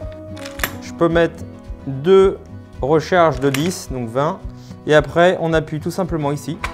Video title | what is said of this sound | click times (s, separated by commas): TEST ✅ Spit - Cloueur plaquiste PULSA 800p+ | viens tirer cette mallette ici on entend un clic | 0.6 s